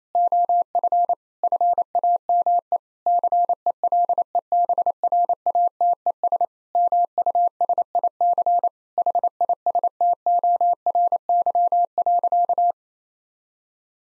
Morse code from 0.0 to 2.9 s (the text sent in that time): OF FAME